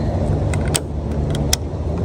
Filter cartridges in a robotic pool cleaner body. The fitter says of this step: and they just pop just like this.